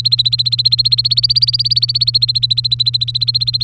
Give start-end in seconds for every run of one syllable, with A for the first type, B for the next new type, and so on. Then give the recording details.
0.00-3.63 A. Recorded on 3 May 2018 at 14:34. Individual llb3